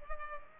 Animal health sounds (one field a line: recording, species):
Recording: mosquito wingbeat signal from an infrared sensor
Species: Culex pipiens